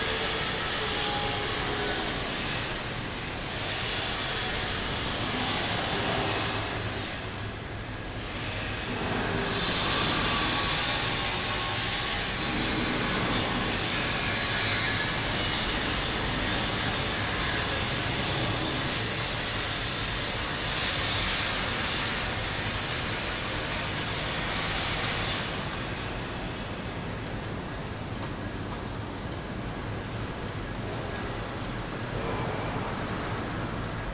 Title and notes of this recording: Construction work, Turfmarkt. Pedestrians and other traffic around a big building excavation at the Turfmarkt, Den Haag.